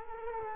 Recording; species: mosquito wingbeat signal from an infrared sensor; Culex quinquefasciatus